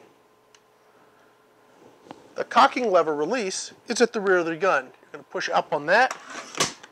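Someone talks while handling the cocking underlever of a Browning Leverage .22 caliber spring air rifle, with the lever release at the rear of the gun about to be pushed up so the underlever can close and lock back into its stowed latch under the barrel. A few faint, sharp taps sound under the talking, but the lever has not yet closed, seated or clicked into place.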